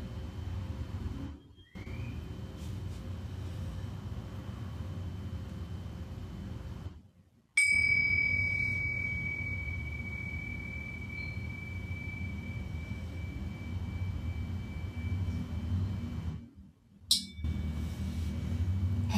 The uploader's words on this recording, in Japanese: シンギングボウルのサウンドヒーリング。風の強いメキシコカリブ側です。チベタンシンギングボウル。